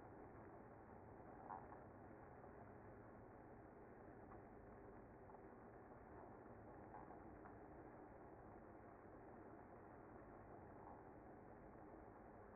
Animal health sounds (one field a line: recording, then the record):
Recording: honeybee colony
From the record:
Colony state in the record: active